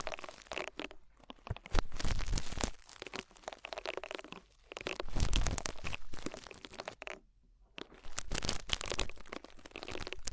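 Ear cleaning sounds fill the clip with dense, crackly rustling and crinkling scratches that come in bursts. Louder stretches swell around two, five and eight seconds, separated by short quieter gaps, with a near-silent pause just past seven seconds.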